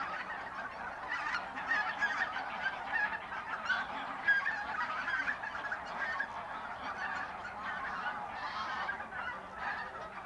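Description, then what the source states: Goose: geese calling in a large flock, an unbroken wash of honks with louder peaks early on and a steadier chorus through the rest. Geese at the renaturalised Polder Glies, Sellstedt, Germany, 9 November 2020; binaural ORTF pair of t.bone SC 140 microphones with Rycote windjammer, TASCAM DR100 MK3 recorder.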